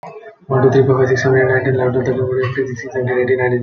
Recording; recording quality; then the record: counting at a fast pace; moderate, slight background noise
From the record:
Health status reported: healthy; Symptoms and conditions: none ticked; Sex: male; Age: 22 years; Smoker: not ticked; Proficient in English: yes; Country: India